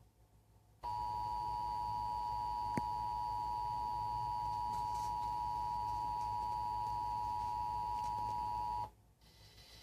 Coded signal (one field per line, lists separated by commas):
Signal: Emergency Alert System (SAME) tones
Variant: 853 and 960 Hz attention tone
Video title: TV EAS 18 - SVA 8